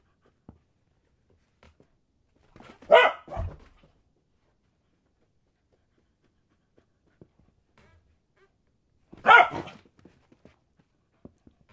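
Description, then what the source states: Dog barks twice, about six seconds apart, the first with a short low follow-up, faint clicks and movement between. Dog barking while playing fetch.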